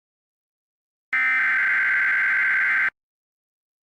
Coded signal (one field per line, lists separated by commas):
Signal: Emergency Alert System (SAME) tones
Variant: header bursts